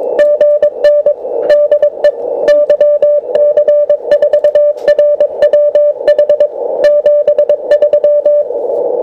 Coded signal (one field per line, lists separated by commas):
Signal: Morse code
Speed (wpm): 22 wpm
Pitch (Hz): 590 Hz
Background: music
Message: GN DE YC4RWH 73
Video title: Beginilah kondisi iambic Paddle Key morse setelah 4 bulan pemakaian